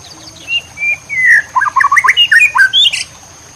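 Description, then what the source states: White-rumped shama song: a few clear whistled notes, then a quick run of sliding, varied whistles that rise and fall between low and high pitch, ending after about three seconds. Master song (masteran) for training cage birds, murai batu labaik style.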